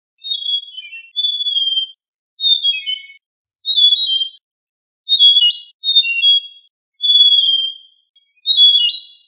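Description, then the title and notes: Bird song: several clear high whistled phrases, mostly slurring slightly downward, with short pauses between. Indonesia; birdsong. "Kumpulan Kicau Burung Indonesia"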